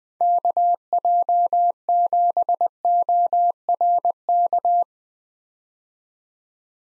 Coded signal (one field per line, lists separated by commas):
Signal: Morse code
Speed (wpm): 20 wpm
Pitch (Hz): 700 Hz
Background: none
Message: KJ7ORK